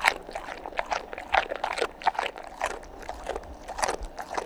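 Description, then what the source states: Dog crunching food, with distinct loud bites coming a few per second amid softer smacking. Dog eating and chomping.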